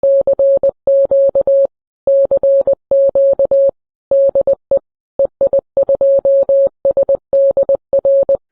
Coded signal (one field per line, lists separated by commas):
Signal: Morse code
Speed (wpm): 20 wpm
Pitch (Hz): 550 Hz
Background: none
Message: CQ CQ DE EI2SDR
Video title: How-to Slow Scan Television SSTV: Live Demo